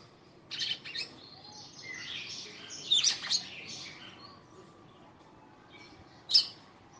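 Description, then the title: Red-cowled cardinal song: short chirps and a warbled twittering phrase, a pause, then a single sharp high note. Lively female singing to the male; presented as audio to stimulate a male. "Canto Galo Campina Fêmea. FÊMEA DE GALO DE CAMPINA FOGOSA CANTANDO PRO MACHO"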